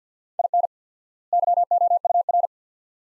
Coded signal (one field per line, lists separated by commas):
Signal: Morse code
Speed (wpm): 50 wpm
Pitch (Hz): 700 Hz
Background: none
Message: IN YOUR